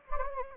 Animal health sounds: mosquito wingbeat signal from an infrared sensor; Anopheles gambiae

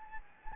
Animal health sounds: mosquito wingbeat signal from an infrared sensor; Anopheles gambiae

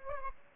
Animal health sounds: mosquito wingbeat signal from an infrared sensor; Aedes aegypti

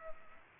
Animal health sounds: mosquito wingbeat signal from an infrared sensor; Culex pipiens

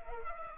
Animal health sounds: mosquito wingbeat signal from an infrared sensor; Culex pipiens

